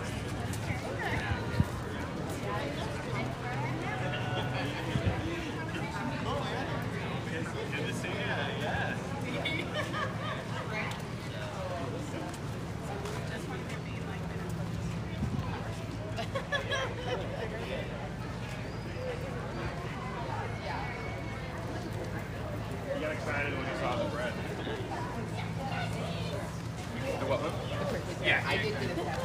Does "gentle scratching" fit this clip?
no